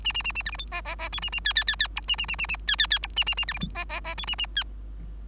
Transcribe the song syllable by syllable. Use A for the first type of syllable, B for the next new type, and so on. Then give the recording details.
A A A A B C D E E E F A A G G G G H A A A A A G G G H A A A B C D E E E F A A G. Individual Bird3